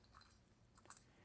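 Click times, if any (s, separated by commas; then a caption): none. The third leg of a Star Wars Revenge of the Sith R4-G9 droid action figure is rotated down out of its plastic body toward the lowered, extended position, making faint, brief ratcheting ticks. Nothing has clicked or locked into place yet; the clip ends before the leg seats.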